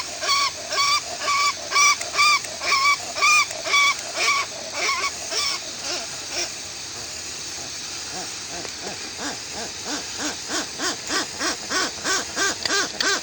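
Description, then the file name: Westland petrel calling in two bouts: clear, pulsed notes about two per second, a quieter pause, then a faster run of harsh rhythmic notes. "westland black petrel song"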